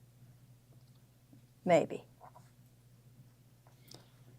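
A smaller plastic guide piece, tabs up, is slid into a jelly roll rug fabric-strip folding tool. Someone talks briefly, followed by faint scraping and a sharp click at 3.9 s as the piece seats.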